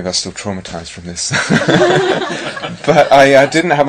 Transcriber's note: laughter